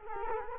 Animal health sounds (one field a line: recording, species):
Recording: mosquito wingbeat signal from an infrared sensor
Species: Culex quinquefasciatus